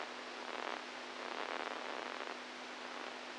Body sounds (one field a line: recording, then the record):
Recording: brain microelectrode recording played as sound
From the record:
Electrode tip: inside the subthalamic nucleus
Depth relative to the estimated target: 0 mm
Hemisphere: right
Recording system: NeuroSet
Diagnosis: Parkinson's disease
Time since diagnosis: 10 years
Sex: male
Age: 65 years